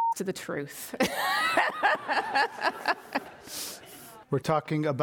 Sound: laughter